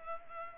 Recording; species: mosquito wingbeat signal from an infrared sensor; Culex pipiens